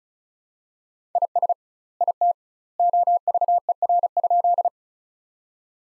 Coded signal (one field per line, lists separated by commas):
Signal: Morse code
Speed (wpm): 34 wpm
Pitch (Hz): 700 Hz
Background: none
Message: IS IT OVER?